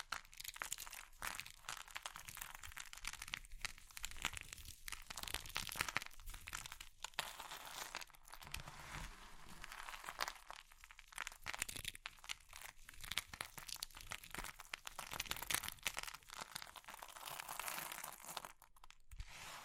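Soap, chalk or meringue being crushed in dense, continuous crunching and crinkling, with brief pauses near six, eleven and nineteen seconds.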